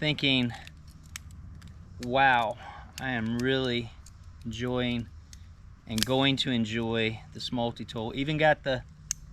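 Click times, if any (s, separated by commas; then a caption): 9.1 s. A blade on a Rocktol 29-in-1 multi-tool, a replacement part just installed, is swung open and locks into the tool body while someone talks. A sharp click is heard at 9.1 s as the blade seats and locks open.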